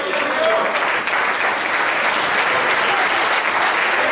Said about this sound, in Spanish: Oye, que dar un aplauso fuerte a Cristo. Aún más fuerte.